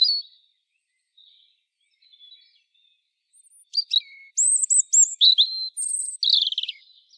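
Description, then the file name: European robin: a few soft, scattered high notes at first, then a bright burst of thin whistles, trills and twittering phrases. "Erithacus rubecula"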